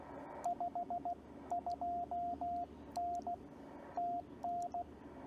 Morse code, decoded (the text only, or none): 52N TN